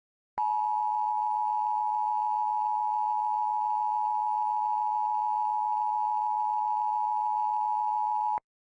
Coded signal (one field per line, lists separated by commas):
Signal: Emergency Alert System (SAME) tones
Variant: 853 and 960 Hz attention tone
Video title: EAS Scenario: Dandy’s World: Ichor Infection